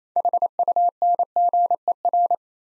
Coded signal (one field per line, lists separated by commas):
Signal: Morse code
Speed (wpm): 27 wpm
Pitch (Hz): 700 Hz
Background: none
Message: HUNGER